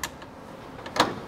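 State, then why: Seated. The two folding carbon side roof panels of an Aston Martin Valkyrie Spider's removable roof are folded down onto the car's roof frame. A sharp click at 0.0 s and a louder one at 1.0 s, with a fainter tick at 0.9 s, mark the panels clicking into place, so the roof is seated.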